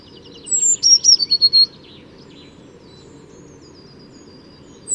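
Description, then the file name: Eurasian blue tit giving a high, thin phrase of notes that slide downward into a quick stuttering run, with another phrase just beginning at the end, over a low steady background rumble. "Cyanistes caeruleus"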